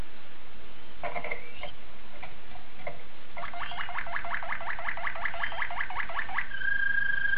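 Domestic canary song: a few scattered chips, then a rapid even trill of sweeping notes for about three seconds, ending on a steady whistled tone.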